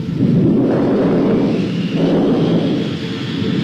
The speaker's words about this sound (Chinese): 暴风雨要来了